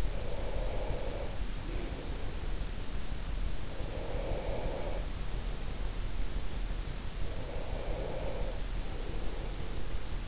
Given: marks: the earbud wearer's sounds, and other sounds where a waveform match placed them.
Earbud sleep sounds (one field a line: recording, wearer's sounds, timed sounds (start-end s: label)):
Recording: sounds in sleep by an in-ear microphone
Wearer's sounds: breath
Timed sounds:
0.00-2.39 s: breath
3.29-6.14 s: breath
7.04-10.27 s: breath